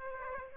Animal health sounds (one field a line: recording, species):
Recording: mosquito wingbeat signal from an infrared sensor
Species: Aedes aegypti